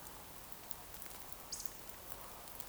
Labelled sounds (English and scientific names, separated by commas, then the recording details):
Eurasian Woodcock (Scolopax rusticola) whistle
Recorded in Baden-Württemberg, Germany, on 28 June 2020 at 02:30 UTC
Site 43791, 788 m above sea level